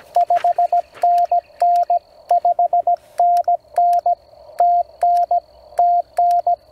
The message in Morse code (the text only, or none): 5NN 5NN TN TN